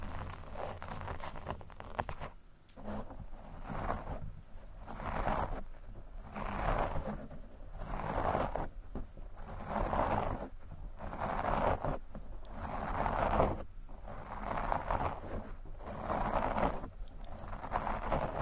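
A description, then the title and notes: Brushing and scratching strokes sweep across a microphone in a steady rhythm roughly every second, over a constant low hum throughout. Mic Brushing, Scratching, & Fast Tapping.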